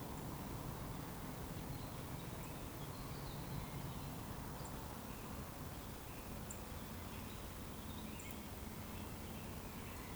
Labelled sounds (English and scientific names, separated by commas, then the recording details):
Eurasian Woodcock (Scolopax rusticola) whistle
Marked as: whistle, whistle, whistle, whistle, whistle, whistle
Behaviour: display flight
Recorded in Baden-Württemberg, Germany, on 12 June 2020 at 19:39 UTC
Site 14569, 102 m above sea level